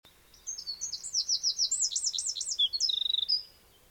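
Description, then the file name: Eurasian wren song: a rapid, high, tumbling run of sharp notes that breaks into a fast, rattling trill and ends in quick high chips, over a quiet background. "Troglodytes troglodytes"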